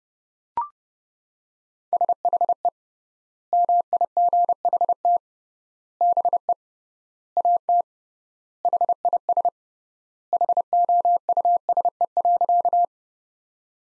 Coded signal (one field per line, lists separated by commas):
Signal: Morse code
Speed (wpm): 30 wpm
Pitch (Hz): 700 Hz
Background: none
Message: SHE MIGHT BE AT HIS HOUSE.